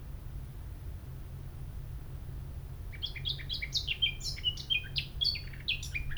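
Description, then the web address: Eurasian blackcap song: after three seconds of quiet, a fast, varied warble of bright whistled and chattering notes runs to the end, over a steady low rumble. "SETE data Sylvia atricapilla"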